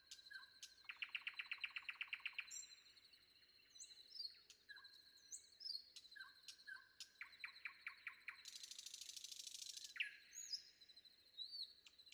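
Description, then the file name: Common nightingale song: a fast rattling trill, short whistles, a run of sharp repeated notes and a long buzzy passage. Sung before dawn. "predawn nightingale"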